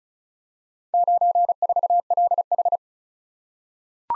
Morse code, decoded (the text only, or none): 94LH